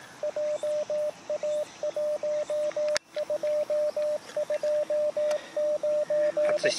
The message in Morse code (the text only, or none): JA1229